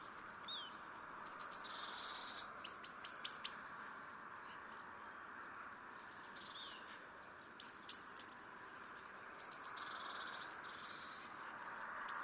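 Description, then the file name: Eurasian blue tit giving scattered bursts of high thin notes and short buzzy phrases, spaced a few seconds apart over steady background hiss. "Cyanistes caeruleus"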